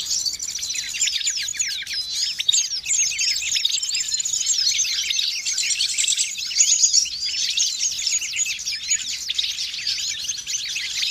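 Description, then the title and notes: Birds chattering in a dense, noisy chorus of high, quick chirps and twittering notes that overlap continuously without a pause. Noisy birds, used as a master lure for catching birds. "Master Burung Ribut. Burung Ribut Pikat"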